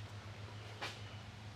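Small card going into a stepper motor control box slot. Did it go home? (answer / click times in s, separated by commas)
no / none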